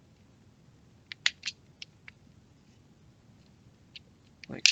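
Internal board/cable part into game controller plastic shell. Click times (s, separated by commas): 4.7 s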